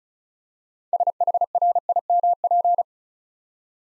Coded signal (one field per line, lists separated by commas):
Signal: Morse code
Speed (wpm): 36 wpm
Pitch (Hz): 700 Hz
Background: none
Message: SHRIMP